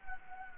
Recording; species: mosquito wingbeat signal from an infrared sensor; Anopheles gambiae